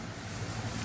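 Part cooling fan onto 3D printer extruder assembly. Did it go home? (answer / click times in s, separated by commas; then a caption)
no / none. A 3D printed part cooling fan duct is being slid onto a 3D printer extruder assembly, with steady broadband noise and a low rumble heard throughout. Nothing has seated or clicked yet; the clip ends just before the part snaps into place.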